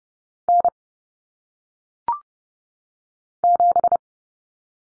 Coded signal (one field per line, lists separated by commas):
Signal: Morse code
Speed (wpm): 30 wpm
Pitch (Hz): 700 Hz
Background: none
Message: N 7